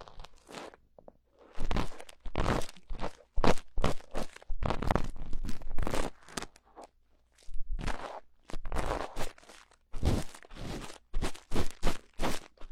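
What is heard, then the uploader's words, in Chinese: A cotton swab scrapes and rubs inside an ear in short, irregular strokes, each a scratchy, crunchy rustle lasting under a second to about two seconds. The strokes come in quick clusters separated by brief silences, with a faint low hum underneath. 棉棒掏耳朵。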